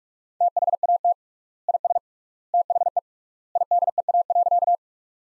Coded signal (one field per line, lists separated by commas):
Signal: Morse code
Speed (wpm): 41 wpm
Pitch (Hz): 700 Hz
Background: none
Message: THAT IS THE IDEA.